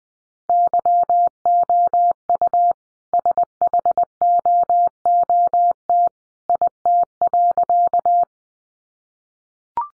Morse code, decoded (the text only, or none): YOU SHOOT IT.